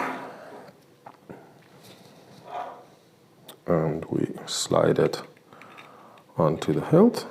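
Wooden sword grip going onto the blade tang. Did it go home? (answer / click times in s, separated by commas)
no / none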